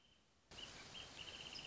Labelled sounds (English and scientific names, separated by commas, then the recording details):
Wrentit (Chamaea fasciata)
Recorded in Sonoma County, California